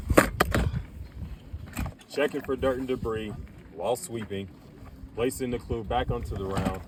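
A disengage button behind a command launch unit is pressed, releasing the sight unit from the missile round with a sharp, loud click at 0.4 s. A quieter click follows, then softer clatter around 1.7–1.9 s. Someone then talks for the rest of the clip.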